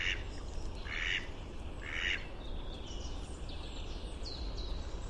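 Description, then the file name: Muscovy duck giving three coarse, breathy calls about once per second, then faint high sounds over low steady noise. "Canto do Pato real"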